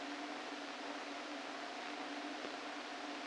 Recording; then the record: brain microelectrode recording played as sound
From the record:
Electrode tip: inside the subthalamic nucleus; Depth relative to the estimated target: 0 mm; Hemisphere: left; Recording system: NeuroSet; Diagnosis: Parkinson's disease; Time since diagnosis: 13 years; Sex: male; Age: 49 years